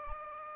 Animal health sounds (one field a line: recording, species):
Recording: mosquito wingbeat signal from an infrared sensor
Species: Aedes aegypti